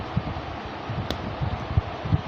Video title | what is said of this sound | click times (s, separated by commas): DIY Street Fighter #2 Dhalsim | I don't know if you heard it because of my fan, but it was a nice little pop. | 1.1 s